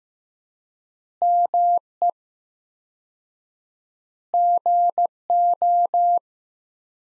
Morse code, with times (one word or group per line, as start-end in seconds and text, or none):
1.2-2.1 ME
4.3-6.2 GO